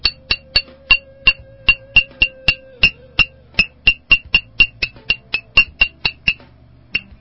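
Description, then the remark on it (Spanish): A stone bell made from a rock from Quito struck repeatedly in a quick, slightly irregular rhythm, each hit a bright, ringing clink with a high metallic tone. More than twenty strikes, fairly loud, with no voices. “Bueno, la idea es que todos tengan acceso a tener su propia campana de piedra.”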